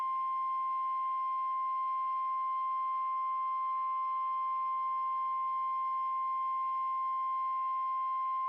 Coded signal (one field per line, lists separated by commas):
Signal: Emergency Alert System (SAME) tones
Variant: 1050 Hz attention tone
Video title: Required Weekly Tests 1/13/2021 (EAS #186-198)